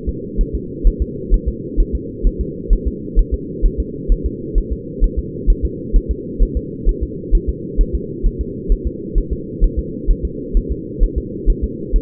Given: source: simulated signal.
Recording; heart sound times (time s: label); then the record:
fetal heart sounds
0.09 s: S2
0.41 s: S1
0.55 s: S2
0.87 s: S1
1.02 s: S2
1.34 s: S1
1.48 s: S2
1.80 s: S1
1.95 s: S2
2.27 s: S1
2.41 s: S2
2.73 s: S1
2.88 s: S2
3.19 s: S1
3.34 s: S2
3.66 s: S1
3.80 s: S2
4.12 s: S1
4.26 s: S2
4.58 s: S1
4.73 s: S2
5.04 s: S1
5.19 s: S2
5.50 s: S1
5.65 s: S2
5.96 s: S1
6.11 s: S2
6.43 s: S1
6.57 s: S2
6.89 s: S1
7.03 s: S2
7.35 s: S1
7.49 s: S2
7.81 s: S1
7.95 s: S2
8.27 s: S1
8.41 s: S2
8.72 s: S1
8.87 s: S2
9.18 s: S1
9.33 s: S2
9.64 s: S1
9.79 s: S2
10.11 s: S1
10.25 s: S2
10.57 s: S1
10.72 s: S2
11.03 s: S1
11.18 s: S2
11.50 s: S1
11.64 s: S2
11.96 s: S1
From the record:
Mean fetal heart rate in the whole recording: 130 bpm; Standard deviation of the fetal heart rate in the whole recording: 2 bpm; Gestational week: 38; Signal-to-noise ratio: -4.1 dB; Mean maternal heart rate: no maternal heart sound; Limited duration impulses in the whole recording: absent